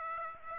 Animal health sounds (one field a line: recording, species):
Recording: mosquito wingbeat signal from an infrared sensor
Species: Aedes aegypti